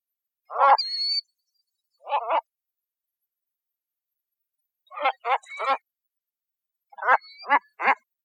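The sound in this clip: White-faced ibis giving short, nasal grunting calls in clusters separated by silence, the last two clusters in bursts of three.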